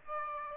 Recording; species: mosquito wingbeat signal from an infrared sensor; Aedes aegypti